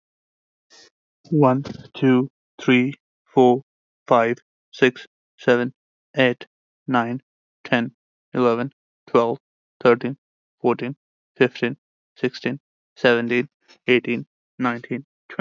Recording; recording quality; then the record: counting at a normal pace; excellent, no background noise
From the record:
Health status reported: healthy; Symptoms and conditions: none ticked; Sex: male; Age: 26 years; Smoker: not ticked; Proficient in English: yes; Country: India